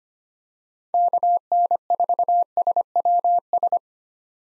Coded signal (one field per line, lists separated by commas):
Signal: Morse code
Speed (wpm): 25 wpm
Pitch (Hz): 700 Hz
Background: none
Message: KN4SWS